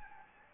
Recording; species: mosquito wingbeat signal from an infrared sensor; Anopheles gambiae